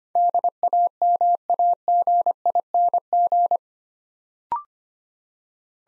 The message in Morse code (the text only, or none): DAMAGING